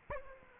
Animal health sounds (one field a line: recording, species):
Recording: mosquito wingbeat signal from an infrared sensor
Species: Aedes aegypti